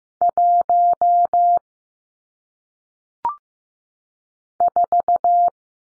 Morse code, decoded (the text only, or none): 1 4